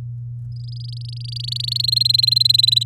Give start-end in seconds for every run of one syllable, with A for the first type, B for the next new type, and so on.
0.52-1.81 A, 1.83-2.83 B